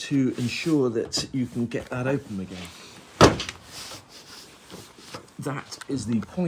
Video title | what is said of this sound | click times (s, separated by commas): Mercedes R107 soft top roof mechanism + how to release stuck hardtop + replace broken cable | and click that down as well and of course hope that you've done everything | 3.2 s